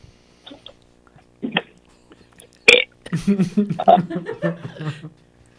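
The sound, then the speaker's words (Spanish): A deliberate, drawn-out belch rumbles low and gravelly for a couple of seconds, preceded by a few short puffs and a sharp click, with faint chuckling around it. “eras el jodido eructador, así que necesitamos, pedimos, rogamos que despidas el programa haciendo honor a ese nombre.”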